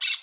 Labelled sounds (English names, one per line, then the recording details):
Brown-throated Parakeet contact call
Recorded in Curacao
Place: Hoffi Jan Thiel
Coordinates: 12.094, -68.877